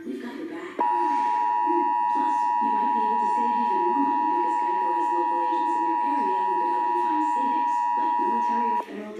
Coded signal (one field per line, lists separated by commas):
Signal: Emergency Alert System (SAME) tones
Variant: 853 and 960 Hz attention tone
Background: speech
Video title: EAS #124 Severe Thunderstorm Watch